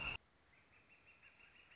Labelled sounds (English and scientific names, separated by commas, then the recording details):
Northern Flicker (Colaptes auratus)
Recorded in Sonoma County, California